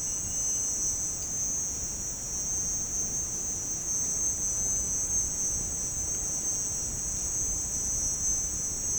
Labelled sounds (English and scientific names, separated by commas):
none